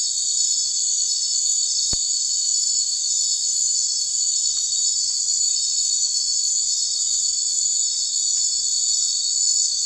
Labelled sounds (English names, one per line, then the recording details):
none
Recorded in secondary vegetation near Puerto Asís, Putumayo, Colombia, on 9 March 2025 at 01:30
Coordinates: 0.499, -76.323
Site G094